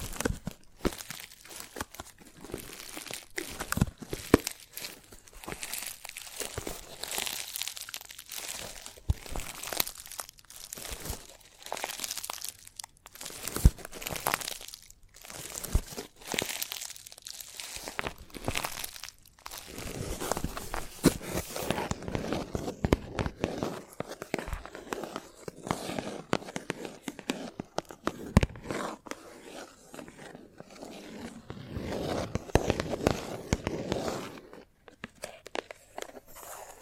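Chalk tapping, scratching and carving in a busy run of short, gritty strokes and sharp taps, dense and irregular throughout. The first twenty seconds sound brighter and scratchier, then the strokes turn duller and lower, with a louder crunching stretch around 32 seconds.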